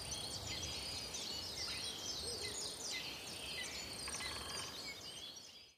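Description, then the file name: Willow tit calls: quick series of thin, high, downslurred notes repeated several times a second, with a brief buzzy burst toward the end. "kogara"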